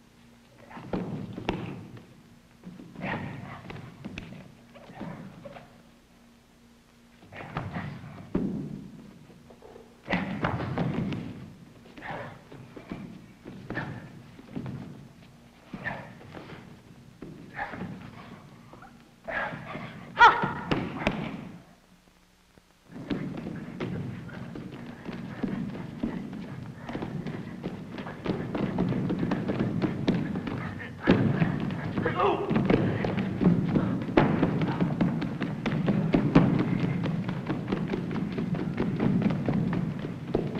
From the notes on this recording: GROUP POUNDS ROCKS TOGETHER, SLAM FEET ON GROUND, AS THEY DANCE TO RHYTHM MADE BY THESE SOUNDS